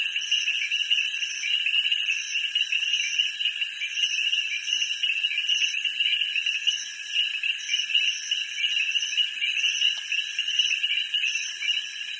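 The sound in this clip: Frogs calling in a dense chorus, a steady high ringing trill with a pulsing upper tone, running throughout without a break.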